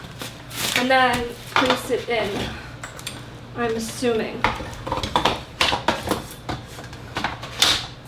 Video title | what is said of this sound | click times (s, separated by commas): Thanksgiving Video Idea that you Can Shoot From Your Phone (Pumpkin Pie Stop Motion Tutorial) | there we go we heard the click | 7.6 s